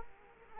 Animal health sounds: mosquito wingbeat signal from an infrared sensor; Culex quinquefasciatus

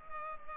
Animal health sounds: mosquito wingbeat signal from an infrared sensor; Culex pipiens

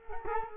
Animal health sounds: mosquito wingbeat signal from an infrared sensor; Culex quinquefasciatus

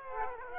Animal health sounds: mosquito wingbeat signal from an infrared sensor; Aedes aegypti

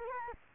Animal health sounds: mosquito wingbeat signal from an infrared sensor; Culex quinquefasciatus

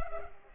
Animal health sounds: mosquito wingbeat signal from an infrared sensor; Culex pipiens

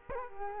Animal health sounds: mosquito wingbeat signal from an infrared sensor; Culex quinquefasciatus

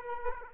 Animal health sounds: mosquito wingbeat signal from an infrared sensor; Aedes aegypti

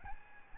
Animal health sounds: mosquito wingbeat signal from an infrared sensor; Aedes albopictus

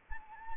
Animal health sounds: mosquito wingbeat signal from an infrared sensor; Anopheles arabiensis

